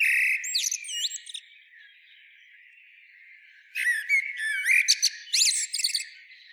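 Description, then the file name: Common blackbird song: a whistled phrase with high chittering at the start, a quiet gap, then a longer phrase of fluty notes and rapid, thin squeaky twitters. "Turdus merula"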